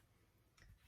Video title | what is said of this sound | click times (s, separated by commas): CROCHET VLOGMAS 31 DEC 7-10 | But if you can hear that snap with that very strong magnet, | 0.6 s